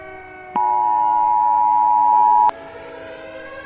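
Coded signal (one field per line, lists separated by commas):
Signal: Emergency Alert System (SAME) tones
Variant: 853 and 960 Hz attention tone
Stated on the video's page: Mock nationwide test, simulated, though containing valid EAS tones.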